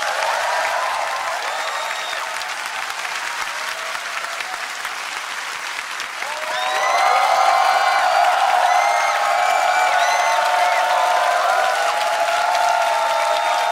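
An audience applauds steadily with dense, even clapping as a singer is welcomed to the stage, then swells louder around the midpoint as shouts and whoops of cheering rise over the applause and continue to the end.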